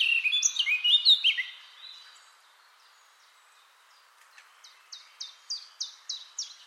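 Eurasian blackcap warbling song, a rapid tumble of chirpy notes that stops, then after a quiet gap a rapid series of short high notes.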